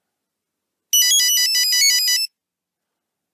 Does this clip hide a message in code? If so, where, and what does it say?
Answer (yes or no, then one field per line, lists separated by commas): no